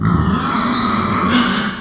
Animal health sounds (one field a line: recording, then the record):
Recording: squeal of a Yucatan mini pig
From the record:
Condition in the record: after surgery on the right vocal fold (resection and tissue-engineered implant)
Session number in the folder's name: 16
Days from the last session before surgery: 183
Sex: female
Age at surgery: 19 weeks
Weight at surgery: 25 kg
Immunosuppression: prednisolone